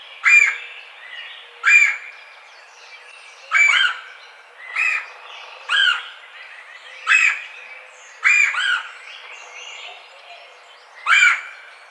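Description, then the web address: Red-bellied woodpecker giving harsh, rolling churr notes, each a short buzzy burst, several spaced irregularly throughout. Recorded 4 May 2009. "Red-bellied Woodpecker 2009 05 04"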